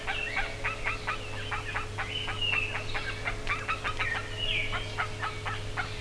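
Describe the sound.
Bird calls made of quick, harsh, clustered notes broken by bright, sliding whistles, all over a constant low hum.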